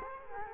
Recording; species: mosquito wingbeat signal from an infrared sensor; Culex quinquefasciatus